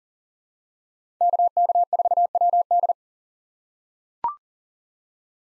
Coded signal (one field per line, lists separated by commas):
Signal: Morse code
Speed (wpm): 40 wpm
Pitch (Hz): 700 Hz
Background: none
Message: KK4WD